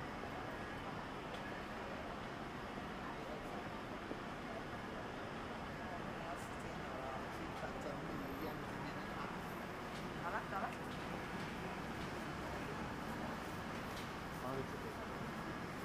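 Daytime street sound in Akihabara: a dense, steady wash of many voices talking at once, with the rumble of passing traffic underneath. The level stays even throughout, broken only by brief sharper clicks and clatter, with a slightly louder moment around ten seconds.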